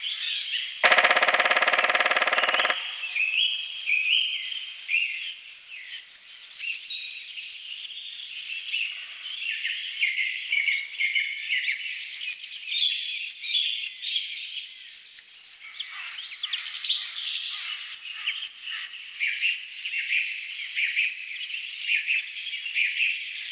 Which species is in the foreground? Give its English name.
Black Woodpecker